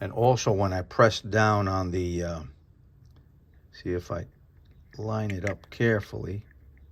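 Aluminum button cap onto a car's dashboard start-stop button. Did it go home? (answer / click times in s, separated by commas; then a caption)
no / none. Someone talks while carefully lining up a red aluminum cap over the start-stop button on the dashboard of a 2017 Tacoma truck, getting ready to press it on. Between the phrases there are only quiet pauses with faint, tiny ticks. Nothing has seated or clicked into place yet.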